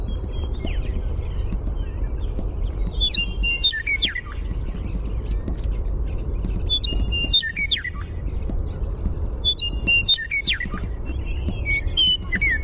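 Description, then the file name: Western meadowlark song: short runs of slurred, flute-like notes that drop in pitch, given several times over a steady low rumble. Primary song. "WEME-Primary Song"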